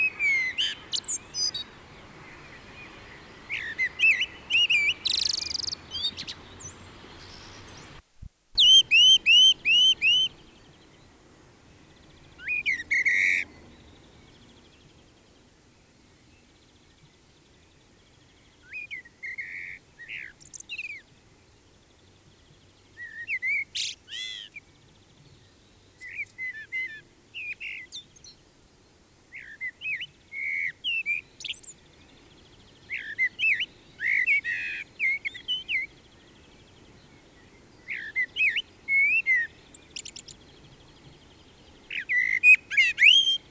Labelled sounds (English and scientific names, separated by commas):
Common Blackbird (Turdus merula) song